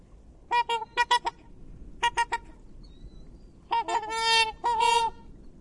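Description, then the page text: Black swan calling with quick runs of short trumpeting honks, a pause, then two longer drawn-out bugling notes near the end. "Cisne Negro (Cygnus atratus). Aves Fantásticas"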